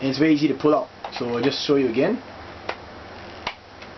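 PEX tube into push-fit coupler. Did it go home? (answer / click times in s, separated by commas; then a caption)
yes / 2.7 s, 3.5 s. A 1/2 inch plastic PEX tube is pushed into a push-fit PEX coupling on a modified toy blaster. Someone talks, then two distinct clicks are heard at 2.7 s and 3.5 s. The tube is seated, and the two clicks mean it is airtight.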